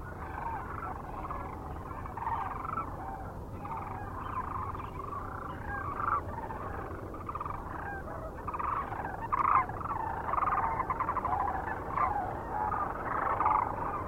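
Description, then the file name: Sandhill Crane flock calling: rattling, trumpeting notes in uneven bursts over a constant chorus. Recorded near Kearney, Nebraska, on 9 March 2004. "2004-03-09 SACRandmore B Kearney NE"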